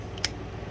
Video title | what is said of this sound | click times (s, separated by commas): Transform Element OP LEADER aka Masterpiece Optimus Prime Review. | and it will snap into place like so. | 0.2 s